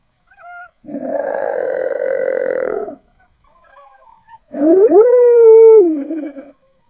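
Wolf howls, first a steady low moaning tone for about two seconds, then after a short pause a rising howl that holds level and slides down at the end.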